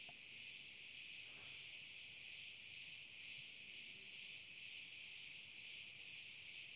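Cicada song: an unbroken high-pitched buzz that rises and falls gently in volume.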